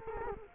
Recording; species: mosquito wingbeat signal from an infrared sensor; Culex quinquefasciatus